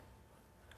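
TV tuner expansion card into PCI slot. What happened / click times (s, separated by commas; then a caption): Card handled, not yet seated; a faint tick at 0.7 s could be mistaken for a seating click / none. A TV tuner expansion card is being pressed down firmly by thumb toward a motherboard PCI slot, with only low steady background noise and a faint brief tick near 0.7 s. Nothing has seated or clicked into place yet.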